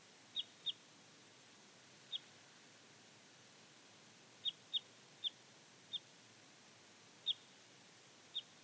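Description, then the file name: Parrot crossbill calls: short, sharp high notes, some in quick pairs, spaced irregularly over a quiet hissy background. "Jelmer Poelstra - Klyost-sosnovik Loxia pytyopsittacus (Zvyki com)"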